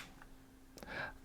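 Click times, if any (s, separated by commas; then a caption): 0.8 s. An interchangeable international plug attachment is slid onto a plastic Syncwire 40W dual USB Type-C wall charger body and snaps in, with sharp clicks at 0.8 s and 0.8 s. A softer tick comes just before, followed by a brief rustle of handling. The adapter is seated with a solid connection.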